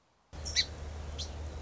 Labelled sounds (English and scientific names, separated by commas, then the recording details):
Song Sparrow (Melospiza melodia)
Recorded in Sonoma County, California